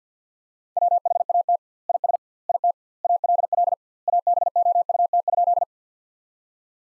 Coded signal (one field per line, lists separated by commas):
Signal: Morse code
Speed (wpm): 51 wpm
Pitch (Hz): 700 Hz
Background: none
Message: WHAT IS IT ALL ABOUT?